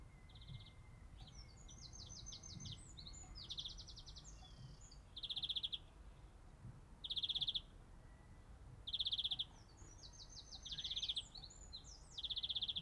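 Greenfinch repeating rapid buzzy trills about every two seconds, with quick chattering note series and thin whistles.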